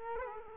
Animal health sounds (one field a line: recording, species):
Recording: mosquito wingbeat signal from an infrared sensor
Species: Culex quinquefasciatus